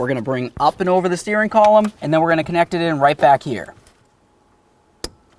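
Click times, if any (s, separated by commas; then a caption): 5.0 s. Someone talks for about four seconds while routing the green plastic wiring connector for the turn signal combination switch up and over the steering column of a 1994-2004 Chevy S-10. After a quiet pause, a single sharp click at 5.0 s marks the connector snapping into its mating harness connector under the steering column. The connector is seated and then tugged to confirm it is secured.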